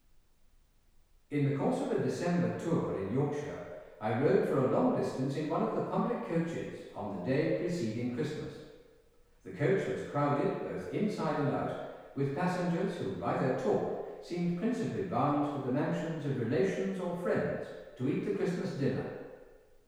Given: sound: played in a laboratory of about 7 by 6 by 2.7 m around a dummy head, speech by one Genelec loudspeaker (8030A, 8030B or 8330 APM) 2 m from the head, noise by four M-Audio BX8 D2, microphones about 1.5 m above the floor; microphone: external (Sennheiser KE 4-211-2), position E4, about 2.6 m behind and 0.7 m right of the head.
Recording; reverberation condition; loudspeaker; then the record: male speech in English; high; 60 degrees to the right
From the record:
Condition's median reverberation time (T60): about 1300 ms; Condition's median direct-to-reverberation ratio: about -4.0 dB